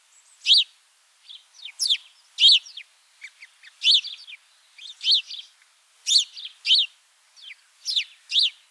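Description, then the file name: House sparrow chirping, loud downward-sweeping chirps repeated at irregular intervals, with softer chips scattered between. "Passer domesticus"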